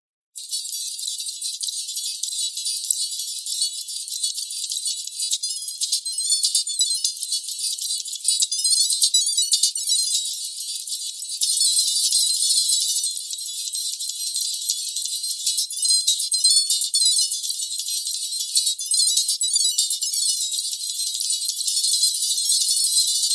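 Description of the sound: Steady high-pitched hissing, crackling noise with no low tones, its energy all above about 2.5 kHz: a 4k distractor tinnitus masking sound for sound therapy.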